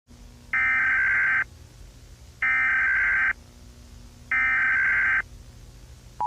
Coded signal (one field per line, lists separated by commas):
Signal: Emergency Alert System (SAME) tones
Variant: header bursts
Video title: Coma - EAS Short